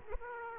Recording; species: mosquito wingbeat signal from an infrared sensor; Aedes aegypti